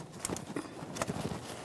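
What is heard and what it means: A rubber spark plug wire boot is pressed all the way onto a spark plug on a 1998-2011 Ford Ranger 2.3L L4 engine. A sharp click is heard at 0.2 s, followed by a few fainter taps and rustling, and the boot is fully seated.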